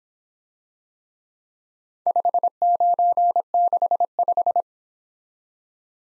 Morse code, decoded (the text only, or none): 5965